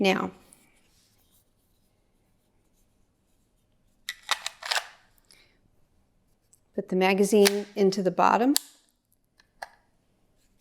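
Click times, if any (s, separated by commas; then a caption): 9.6 s. A loaded plastic magazine is pushed into the bottom of a Byrna HD launcher grip while someone talks, with a few brief handling taps. It snaps into place with a sharp click at 9.6 s, seating the magazine.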